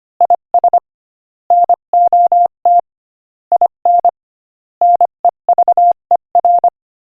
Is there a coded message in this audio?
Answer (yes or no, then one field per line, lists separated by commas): yes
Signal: Morse code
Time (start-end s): 0.2-6.7 s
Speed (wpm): 25 wpm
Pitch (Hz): 700 Hz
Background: none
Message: IS NOT IN NEVER